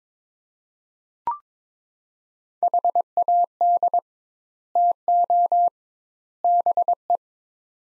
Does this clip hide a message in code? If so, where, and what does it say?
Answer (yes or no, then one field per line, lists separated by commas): yes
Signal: Morse code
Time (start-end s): 2.6-7.2 s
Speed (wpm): 21 wpm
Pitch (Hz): 700 Hz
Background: none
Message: HAD TO BE